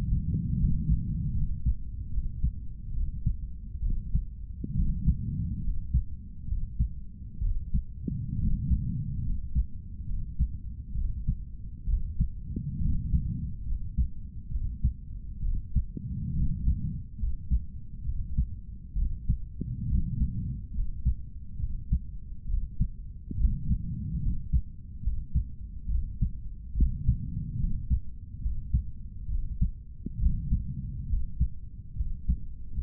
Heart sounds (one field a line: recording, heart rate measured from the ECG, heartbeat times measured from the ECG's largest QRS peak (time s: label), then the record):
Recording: heart sounds by stethoscope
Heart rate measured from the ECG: 69 bpm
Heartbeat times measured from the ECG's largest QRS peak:
0.61 s: heartbeat
1.37 s: heartbeat
2.13 s: heartbeat
2.96 s: heartbeat
3.84 s: heartbeat
4.77 s: heartbeat
5.65 s: heartbeat
6.49 s: heartbeat
7.43 s: heartbeat
8.40 s: heartbeat
9.26 s: heartbeat
10.09 s: heartbeat
10.97 s: heartbeat
11.88 s: heartbeat
12.83 s: heartbeat
13.68 s: heartbeat
14.53 s: heartbeat
15.44 s: heartbeat
16.37 s: heartbeat
17.21 s: heartbeat
18.06 s: heartbeat
18.97 s: heartbeat
19.90 s: heartbeat
20.76 s: heartbeat
21.61 s: heartbeat
22.49 s: heartbeat
23.39 s: heartbeat
24.23 s: heartbeat
25.04 s: heartbeat
25.90 s: heartbeat
26.77 s: heartbeat
27.61 s: heartbeat
28.43 s: heartbeat
29.30 s: heartbeat
30.21 s: heartbeat
31.10 s: heartbeat
31.98 s: heartbeat
From the record:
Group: healthy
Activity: rest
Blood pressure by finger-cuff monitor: 148/93 mmHg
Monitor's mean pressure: 107 mmHg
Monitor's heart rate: 70 bpm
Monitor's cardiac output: 7.5 L/min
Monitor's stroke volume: 109 mL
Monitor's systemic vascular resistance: 1060 dyn s/cm5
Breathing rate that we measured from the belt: 16 breaths a minute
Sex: male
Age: 30 years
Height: 188 cm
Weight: 110.2 kg